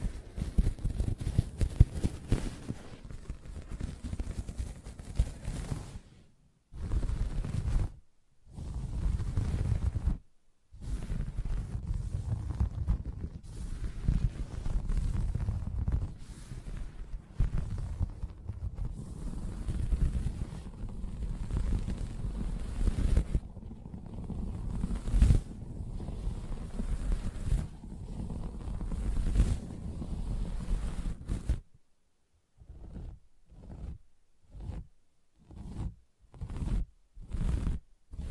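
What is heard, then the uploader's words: Muffled scratching across a soft fabric surface runs in low, dense strokes with brief pauses, ending after half a minute in about eight separate taps. ASMR Soft Fabric Surface Tapping & Scratching (No Talking).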